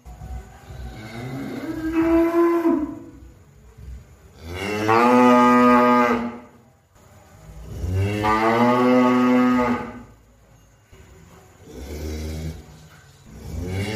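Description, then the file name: Cow mooing: several long, loud harmonic moos of about two seconds each, separated by short pauses, with a softer lowing call near the end. "suara sapi"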